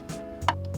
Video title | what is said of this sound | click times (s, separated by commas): How To Install Hyundai Genesis Coupe LED Interior & Fogs - 2nd Gen - 2013-2016 | and so I'm just going to twist the bulb clockwise until it snaps into place. | 0.5 s